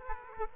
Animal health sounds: mosquito wingbeat signal from an infrared sensor; Aedes aegypti

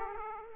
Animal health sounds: mosquito wingbeat signal from an infrared sensor; Aedes aegypti

